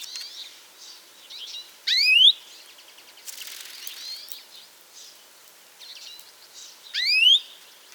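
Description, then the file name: European greenfinch calling twice, about five seconds apart, each a wheezy rising note, amid light high-pitched twitters and a brief burst of noise between. "Chloris chloris"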